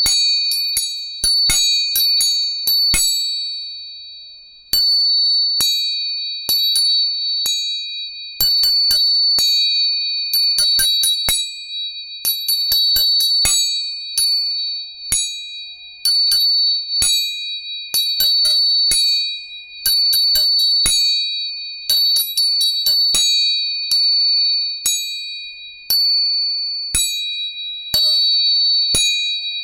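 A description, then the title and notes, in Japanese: Tuning forks are struck again and again, each bright ping ringing a steady pure tone that fades slowly, with struck clusters every few seconds. 音叉チューニング3本。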